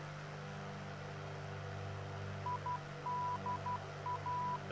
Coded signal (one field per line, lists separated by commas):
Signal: Morse code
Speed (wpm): 12 wpm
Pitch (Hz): 990 Hz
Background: none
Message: IDA